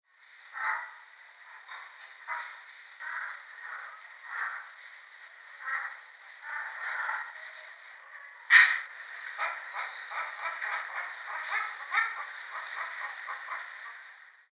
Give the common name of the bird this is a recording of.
Black-crowned Night-Heron